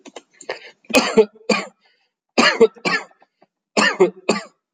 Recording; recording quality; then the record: heavy voluntary cough; excellent, no background noise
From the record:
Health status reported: exposed to COVID-19, no respiratory illness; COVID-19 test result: not tested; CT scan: not taken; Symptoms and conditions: cough, sore throat, fever, muscle pain, asthma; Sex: male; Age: 26 years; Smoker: no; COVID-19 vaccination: one dose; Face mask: not worn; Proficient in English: yes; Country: India